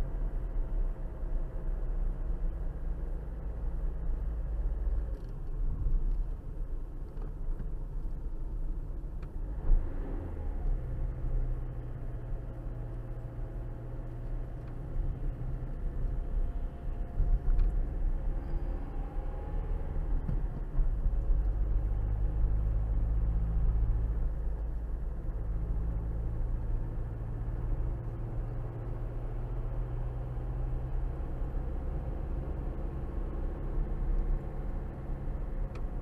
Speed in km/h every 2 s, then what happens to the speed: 42, 40, 39, 34, 31, 29, 27, 27, 31, 34, 37, 37, 39, 40, 42, 45, 50, 47.
0-9 slows to 29. 9-14 steady at about 27. 14-19 speeds up to 37. 19-27 steady at about 37. 27-32 speeds up to 50.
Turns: none.